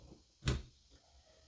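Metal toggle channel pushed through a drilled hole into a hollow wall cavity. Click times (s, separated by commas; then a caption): 0.5 s. A metal flip toggle anchor channel is pushed deep through a drilled hole in a hollow drywall/shiplap wall with no studs, to hang a round mirror. A single sharp click at 0.5 s marks the channel passing through and opening behind the wall, followed by quiet low rumble. The toggle anchor is seated in the wall cavity.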